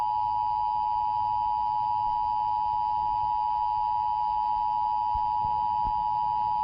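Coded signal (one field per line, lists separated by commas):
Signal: Emergency Alert System (SAME) tones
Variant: 853 and 960 Hz attention tone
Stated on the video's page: Fictional analog-horror tsunami alert, a made-up recreation.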